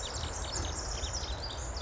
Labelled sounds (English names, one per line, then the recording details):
Pacific Wren
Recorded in Sonoma County, California